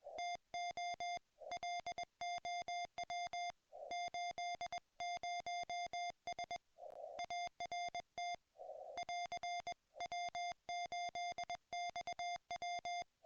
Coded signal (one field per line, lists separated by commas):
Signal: Morse code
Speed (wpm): 21 wpm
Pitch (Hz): 690 Hz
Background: music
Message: TO LOW 80S ART <AR>W8XW